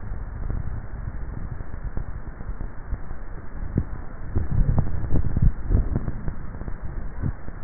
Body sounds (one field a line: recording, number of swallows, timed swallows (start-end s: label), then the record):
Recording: swallowing sounds by neck microphone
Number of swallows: 1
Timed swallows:
4.88-5.68 s: swallow
From the record:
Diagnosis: dysphagia